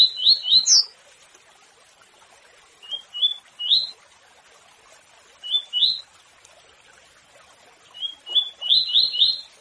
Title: Canto de Papa Capim. Canto Papa Capim Tui Tui curto